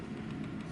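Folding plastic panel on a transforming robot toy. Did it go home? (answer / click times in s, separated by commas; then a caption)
no / none. A plastic part on a Transformers Generations Scorn dinosaur robot figure is folded up during transformation; this fold is sometimes strangely difficult. Only a steady, low, noisy hum of handling is heard, with no sharp sounds. The panel has not clicked into place yet.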